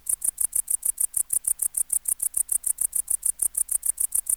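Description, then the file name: Tettigonia hispanica bush-cricket: high, rasping song of evenly spaced short syllables, several per second, steady and unbroken. "Tettigonia hispanica"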